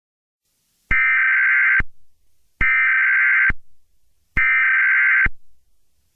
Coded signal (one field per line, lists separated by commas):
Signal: Emergency Alert System (SAME) tones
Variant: header bursts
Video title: EAS Scenario - 2030 [C9/10+] | ! TW: LOUD NOISES AND TRIGGERING DIALOUGE ! |